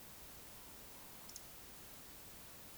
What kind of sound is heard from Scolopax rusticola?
whistle, croak